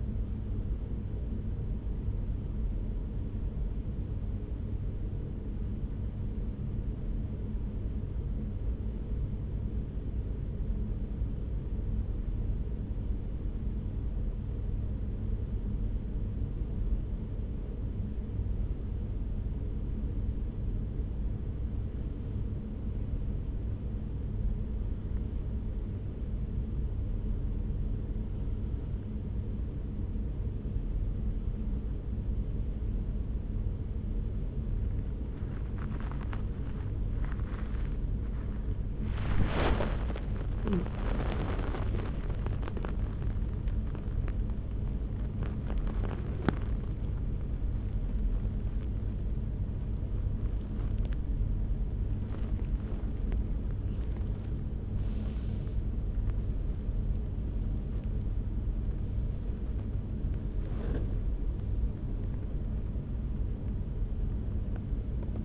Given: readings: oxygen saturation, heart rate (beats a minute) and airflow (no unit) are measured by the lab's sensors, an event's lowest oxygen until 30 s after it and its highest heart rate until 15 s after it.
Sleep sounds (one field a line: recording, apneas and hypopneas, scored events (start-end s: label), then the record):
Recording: a person awake in a sleep study, by a smartphone at the bedside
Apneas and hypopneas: 1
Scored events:
9.00-65.45 s: new sleep stage, awake
10.00-35.20 s: hypopnea (scored as awake, oxygen 95% highest, then 94% lowest)
10.00-65.45 s: awake
From the record:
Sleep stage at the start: N1 (lightest sleep)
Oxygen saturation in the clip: 94 to 96%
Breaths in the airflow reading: 17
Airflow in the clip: -2.7 to 4.5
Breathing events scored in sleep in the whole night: 335 in 6.7 hours asleep